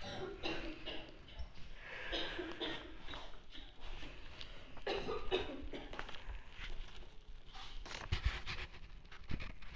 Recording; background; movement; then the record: deep breathing; a bystander coughing; walking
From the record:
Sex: male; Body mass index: 20.6 kg/m2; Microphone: on the chest, facing the body